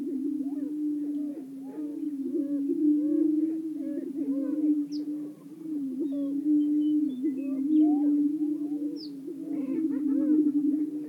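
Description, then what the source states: Greater prairie-chickens keep up a low moaning boom while sharp rising whoops and cackles pop in repeatedly; a couple of thin high squeaks sound faintly. Several greater prairie-chickens calling.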